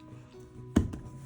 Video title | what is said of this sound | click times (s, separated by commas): Tumble Rocks With Me! Rock Out Part Three Finale! Exciting yet relaxing transformation process! | but eventually it gets squeezed in there. There it goes, pops right in. | 0.8 s